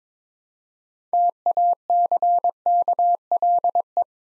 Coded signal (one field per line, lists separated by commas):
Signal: Morse code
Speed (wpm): 22 wpm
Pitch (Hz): 700 Hz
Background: none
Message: TACKLE